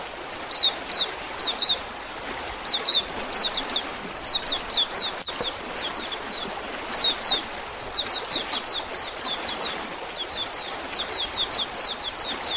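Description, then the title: Oriental magpie-robin delivering rapid, nearly continuous phrases of sharp, high whistled notes, each falling in pitch, with short breaks, over a steady hiss and one click. "Kicau Kacer"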